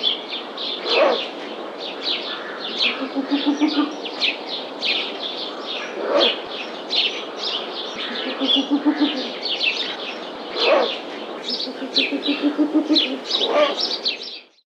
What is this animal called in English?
Ural Owl